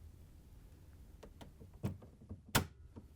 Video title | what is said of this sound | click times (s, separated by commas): How To: LG/Kenmore Defrost Sensor 6615JB2005H | Once you have it snapped in place, the rails should move in and out together, | 2.6 s